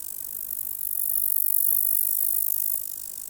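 Insect with a high-pitched, rapidly pulsed buzz that rises in volume, holds steady, then drops back near the end.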